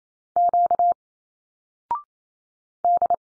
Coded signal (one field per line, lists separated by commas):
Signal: Morse code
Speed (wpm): 27 wpm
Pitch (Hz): 700 Hz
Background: none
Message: Q D